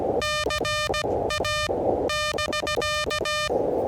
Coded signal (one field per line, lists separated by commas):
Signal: Morse code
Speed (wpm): 17 wpm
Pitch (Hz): 1210 Hz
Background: radio noise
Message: CA <BK>